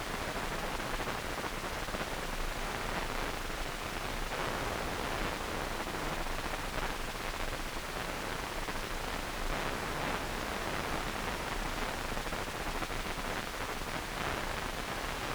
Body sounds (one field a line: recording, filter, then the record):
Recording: brain microelectrode recording played as sound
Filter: wide band, above 20 Hz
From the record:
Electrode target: subthalamic nucleus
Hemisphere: right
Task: reaching with the left hand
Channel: 2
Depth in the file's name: 1.506 mm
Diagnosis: Parkinson's disease